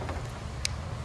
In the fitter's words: And it's clipped.